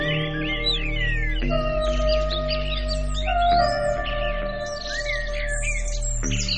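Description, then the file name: Several birds twittering with sweeping whistled notes and quick chirps, while soft sustained musical chords shift in the background. "naturelax birds"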